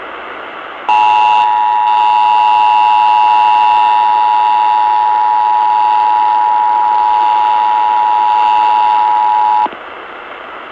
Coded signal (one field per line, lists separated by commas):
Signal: Emergency Alert System (SAME) tones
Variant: 853 and 960 Hz attention tone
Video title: SACRAMENTO AREA TESTS! Broadcast Radio EAS: Required Monthly Test (EAS #256)